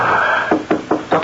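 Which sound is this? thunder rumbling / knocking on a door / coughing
knocking on a door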